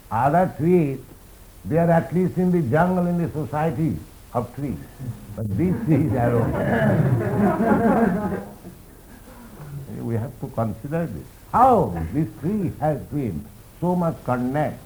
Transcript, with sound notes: Other trees, they are at least in the jungle in the society of trees. [laughter] But this tree is alone. We have to consider this, how this tree has been so much condemned.